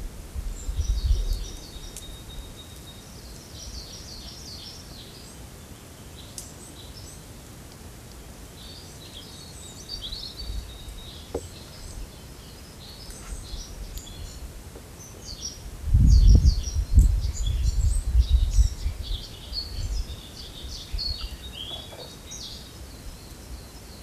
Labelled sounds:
Eurasian Siskin (Spinus spinus) song

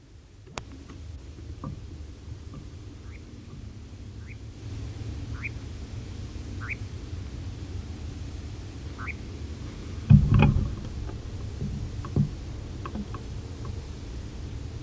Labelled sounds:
Eurasian Nightjar (Caprimulgus europaeus)

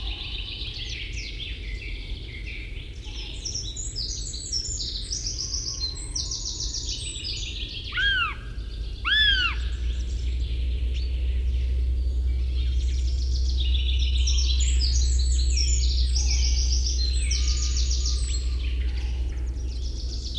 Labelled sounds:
Northern Goshawk (Accipiter gentilis) call

